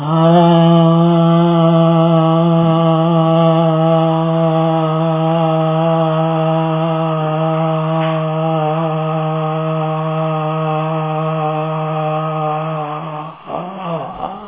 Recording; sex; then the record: sustained vowel /a/; male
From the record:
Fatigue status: fatigue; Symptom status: symptomatic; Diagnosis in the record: COVID-19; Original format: 3gp